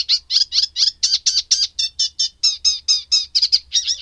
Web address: Madardalok Cd 3 Cserregő nádiposzáta